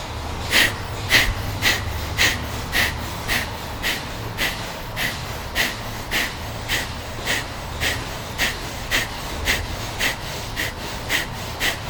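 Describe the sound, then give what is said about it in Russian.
Rapid, forceful breathing through the right nostril with the left nostril closed, during a Kriya breathing warm-up: sharp puffs about twice a second in a steady, even rhythm, with a low background hum and no talking. “Дышим, дышим.”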